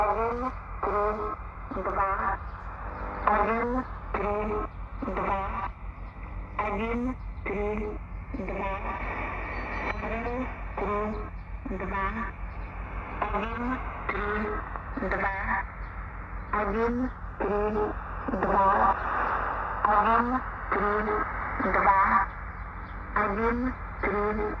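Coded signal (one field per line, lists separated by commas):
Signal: numbers station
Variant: S06s Russian Lady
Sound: female voice reading short, evenly spaced words through AM radio static and hum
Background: radio static, hum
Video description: 10250 kHz AM - S06s "Russian Lady" Numbers Station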